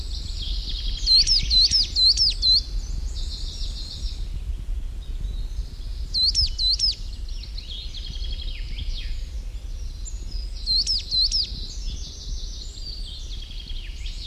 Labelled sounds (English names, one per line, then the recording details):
Coal Tit
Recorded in the wild
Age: adult
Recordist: Brunner, Thomas